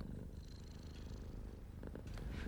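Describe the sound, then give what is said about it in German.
A tired old male cat lying down in a living room purrs steadily, a low rumbling drone with a regular pulsing rhythm that continues without pause, with a few faint higher clicks toward the end. “Während ich mir so meine Gedanken machte, schlich sich eine müde alte Katze ins Wohnzimmer und legte sich neben”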